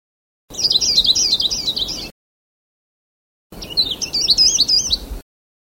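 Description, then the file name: Sulawesi leaf warbler giving two high, jumbled warbling phrases with quick looping notes, a pause of over a second between them. "kicauan cikrak sulawesi. omkicau"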